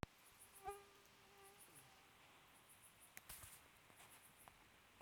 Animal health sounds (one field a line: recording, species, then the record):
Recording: mosquito flight sound by mobile phone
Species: Aedes sierrensis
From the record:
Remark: free flight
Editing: field recording with all noises